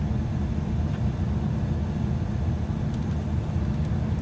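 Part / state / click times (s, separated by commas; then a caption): small rocker switch into full-size rocker switch panel opening / not seated / none. An undersized rocker switch is pushed into a full-size rocker switch opening in an RV dash panel. A steady low rumble fills the clip, with only faint light ticks from handling. Nothing has seated or clicked, and the switch does not lock in.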